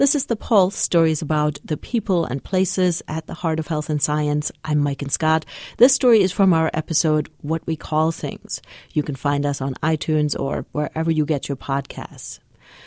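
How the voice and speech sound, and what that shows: A woman speaks smoothly in a clear, steady voice, introducing a radio show: ordinary fluent speech.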